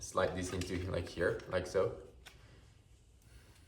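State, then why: Not seated. Someone talks while sliding a 3D-printed snap-fit leg joint of a robot dog into its mating joint part, a snap-on design meant to do away with a screw. A brief faint tap is heard at about 2.3 s, followed by quiet handling noise. The joint has not clicked or seated yet.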